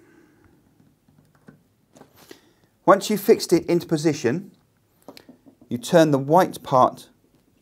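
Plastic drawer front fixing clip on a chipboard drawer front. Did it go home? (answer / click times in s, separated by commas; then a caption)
no / none. A plastic drawer front fixing clip, screwed into a chipboard drawer front, is being handled for a Cooke & Lewis 500 3-drawer unit, with small taps and scrapes under two bursts of someone talking. Nothing has seated or clicked yet; the white part has not yet been turned until it clicks.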